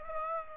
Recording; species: mosquito wingbeat signal from an infrared sensor; Aedes aegypti